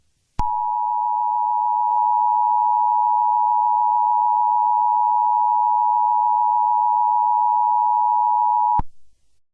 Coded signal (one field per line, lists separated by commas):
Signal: Emergency Alert System (SAME) tones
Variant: 853 and 960 Hz attention tone